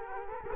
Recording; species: mosquito wingbeat signal from an infrared sensor; Culex quinquefasciatus